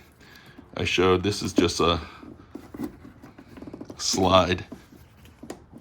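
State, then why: Seated. A plastic wiring harness retaining clip is slid onto its engine bracket on a Jeep Wrangler JK 3.6L during passenger-side valve cover gasket and PCV valve replacement, while someone talks. Faint ticks and scrapes come between about 2.7 and 3.8 s as it slides on, then a sharp click at 5.5 s as the clip locks in place.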